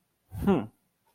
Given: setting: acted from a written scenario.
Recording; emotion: vocal sound without words; interest